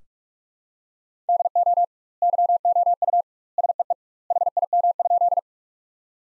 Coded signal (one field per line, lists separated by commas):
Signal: Morse code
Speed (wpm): 46 wpm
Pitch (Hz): 700 Hz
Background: none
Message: DO YOU SEE HIM?